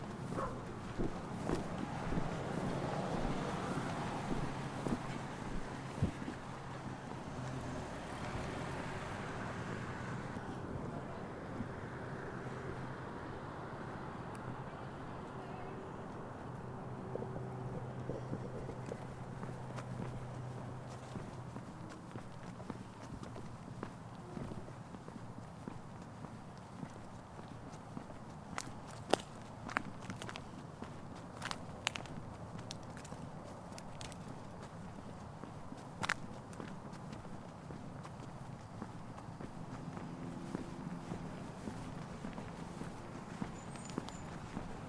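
Traffic and a passing car's music rumble low through the first ten seconds, then steady murmuring and scattered sharp clicks and footsteps continue.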